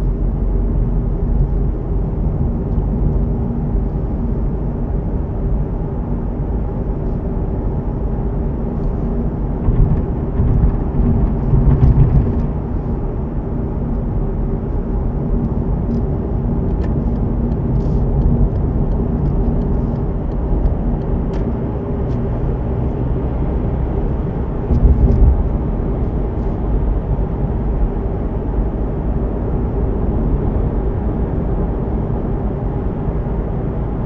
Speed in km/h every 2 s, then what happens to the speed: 56, 59, 61, 64, 67, 67, 62, 60, 62, 66, 68, 75, 73, 74, 75, 76, 77.
0-9 speeds up to 67. 9-14 slows to 60. 14-22 speeds up to 75. 22-34 steady at about 75.